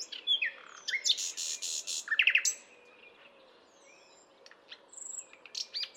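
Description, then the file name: Common nightingale: songbird phrases with a harsh buzzy burst, a short stuttered trill and scattered thin whistles, separated by quiet stretches. "Luscinia megarhynchos"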